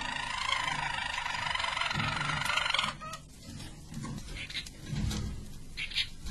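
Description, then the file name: Harz Roller canary song: a smooth, continuous rolling trill for about three seconds, then stopping, leaving faint clicks, rustles and low hum. Described as a Belgian canary of the Harz Roller type, singing. "canto do canario belga harz roller"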